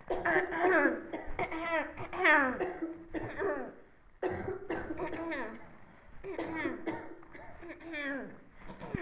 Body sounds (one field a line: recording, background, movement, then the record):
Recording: throat clearing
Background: a bystander coughing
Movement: sitting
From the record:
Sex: female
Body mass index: 18.3 kg/m2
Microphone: on the chest, facing the body